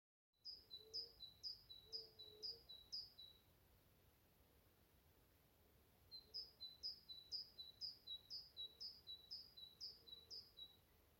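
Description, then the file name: Great tit singing two bouts of a repeated two-note phrase, several times each, separated by a few seconds of quiet. "Parus major"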